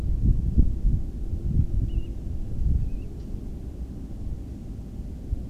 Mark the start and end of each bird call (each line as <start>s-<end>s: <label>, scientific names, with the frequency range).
1.88s-2.09s: Charadrius hiaticula (2.1-3.0 kHz)
2.80s-3.06s: Charadrius hiaticula (2.2-2.9 kHz)